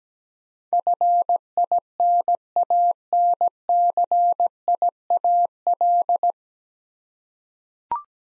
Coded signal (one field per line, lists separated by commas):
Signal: Morse code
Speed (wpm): 17 wpm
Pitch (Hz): 700 Hz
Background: none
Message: FINANCIAL